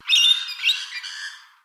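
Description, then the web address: Bird giving a single harsh, screechy squawk lasting over a second, strongest at the start and trailing off. Australian bird call. "Sound Effects-Foundation 1 BIRD AUS BIRD 04 CALL 03"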